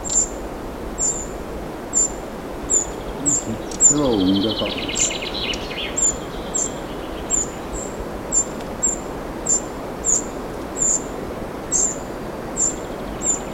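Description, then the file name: Eurasian wren calls: short, sharp, very high ticks repeated roughly every second or faster throughout, with a brief buzzy sound near the middle over steady background hiss. "Troglodytes troglodytes"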